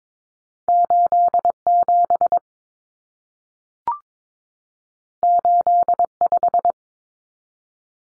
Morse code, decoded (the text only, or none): 87 85